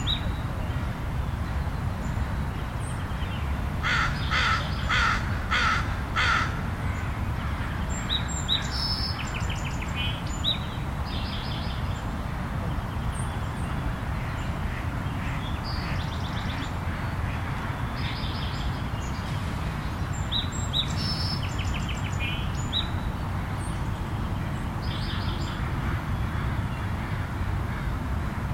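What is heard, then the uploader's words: Birds call early in the morning at Meadowbrook Park, Seattle, over a steady low rumble that never lets up. A burst of quick, repeated harsh calls comes around four to six seconds, like crows cawing, followed by scattered chirps and short bright notes throughout. I recorded some bird sounds at Meadowbrook Park, Seattle, early in the morning.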